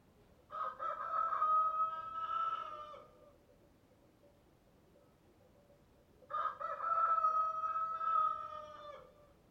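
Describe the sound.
Chicken: rooster crowing twice, with a few seconds between crows; each is a loud, hoarse cock-a-doodle-doo that holds steady, then trails off.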